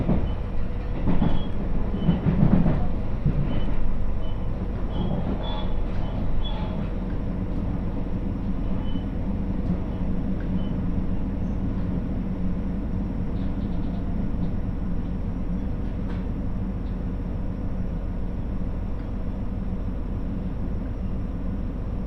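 A train runs along the Muroran Main Line, its low, steady rumble filling the whole recording. A few brief clanks and rattles stand out in the first seven seconds. After that the running noise settles into an even drone, with faint squeaks now and then.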